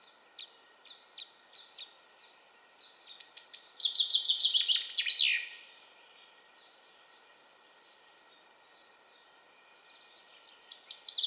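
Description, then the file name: Common chaffinch: a few soft single chips, then a descending trilled song phrase with a closing flourish; a high trill follows, and a new phrase begins. "Fringilla coelebs"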